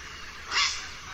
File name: CZAPLA SIWA